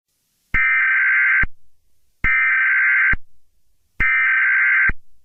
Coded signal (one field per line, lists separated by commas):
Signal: Emergency Alert System (SAME) tones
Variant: header bursts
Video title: Nuclear Emergency | A EAS Nuclear War Simulation |